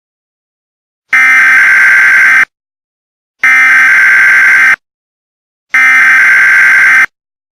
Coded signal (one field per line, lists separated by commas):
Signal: Emergency Alert System (SAME) tones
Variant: header bursts